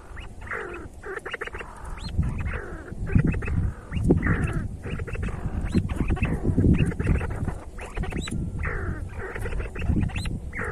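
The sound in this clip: See-see partridge calling: upward-hooked calls and clipped notes repeating throughout, with a continuous low rumble underneath.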